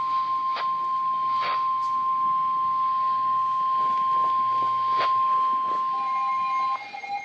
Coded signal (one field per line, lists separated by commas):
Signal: Emergency Alert System (SAME) tones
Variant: 1050 Hz attention tone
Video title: Severe Thunderstorm Warning (EAS#55)